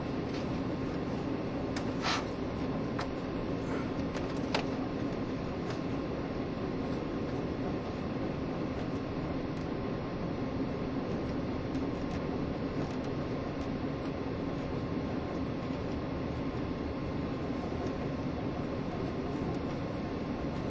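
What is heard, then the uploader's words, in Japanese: A Taiwan Railways EMU1200 electric train speeds along with a steady, dense roar of motor and wheels, with sharp clicks early on. 台鐵EMU1200型 自強號122次02 新營～彰化。縦貫線を北上する自強號のうち、吊掛駆動車両の台鐵EMU1200型電車を収録したものです。吊り掛け駆動独特のモーター音を唸らせながら爆走しています。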